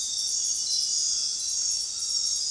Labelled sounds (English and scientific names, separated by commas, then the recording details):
none
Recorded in dense forest near Puerto Asís, Putumayo, Colombia, on 20 February 2024 at 00:30
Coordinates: 0.466, -76.327
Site G6413